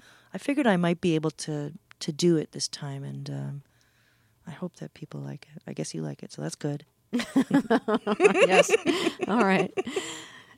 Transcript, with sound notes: And I figured I might be able to do it this time, and I hope that people like it. I guess you like it. So that's good.
(LAUGHTER)
Yes. All right.